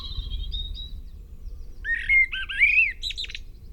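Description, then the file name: Common blackbird song: thin high notes early on, then a short fluted warble ending in a squeaky, higher twitter, over steady low background noise. "Turdus merula"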